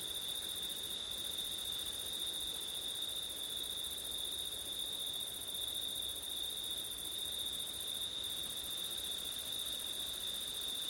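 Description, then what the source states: Crickets singing a constant high, pure trill throughout, layered over a fainter higher shimmer, with one or two brief dips in the upper band. Crickets recorded on a September night with wind.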